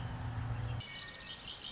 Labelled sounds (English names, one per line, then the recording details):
Red-winged Blackbird
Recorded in Sonoma County, California